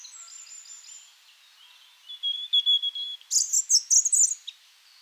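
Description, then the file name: European robin singing soft high whistled notes that lead into a brighter, rapid tinkling flourish. "Erithacus rubecula"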